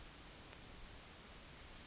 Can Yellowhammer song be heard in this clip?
no